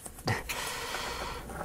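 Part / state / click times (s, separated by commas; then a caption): wooden model part into its mating slots on a plywood pinball kit / not seated / none. Someone lines up the pegs of a laser-cut plywood part over its mating slots on a ROKR 3D Pinball wooden model kit and presses it in. There is a sharp handling knock around 0.3 s, followed by soft rustling and breathy noise. The part has not seated or clicked into place yet.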